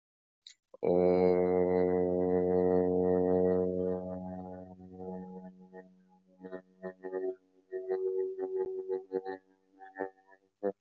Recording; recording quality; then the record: sustained vowel as in boot; excellent, no background noise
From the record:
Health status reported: COVID-19 positive, no symptoms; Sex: male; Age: 34 years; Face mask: not worn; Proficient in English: no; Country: India